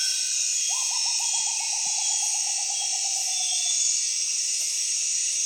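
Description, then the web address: Rufous potoo call: a series of quick pulsed notes that slowly falls in pitch over about three seconds, over a loud, steady insect drone. "sound Rufous-potoo. صدای-پرنده-شبزی-حنایی"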